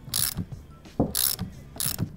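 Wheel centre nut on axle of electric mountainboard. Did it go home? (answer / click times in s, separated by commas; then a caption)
no / none. A ratchet tightens the 16 mm centre nut on the wheel axle of an electric mountainboard, producing three bursts of bright, rasping ratchet clatter with low knocks between strokes. The nut has not seated or clicked yet.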